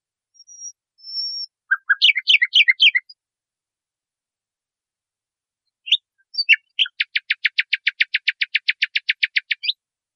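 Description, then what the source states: Nightingale song: thin high whistles, a burst of jumbled chirps, then after a pause a rapid, even rattle of clicking notes. Training recording (masteran) used to teach caged songbirds.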